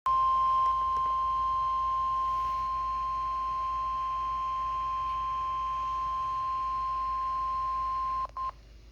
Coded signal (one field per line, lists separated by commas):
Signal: Emergency Alert System (SAME) tones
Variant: 1050 Hz attention tone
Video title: EAS #45 Severe Thunderstorm Warning Issued on WXM50 | August 7th, 2024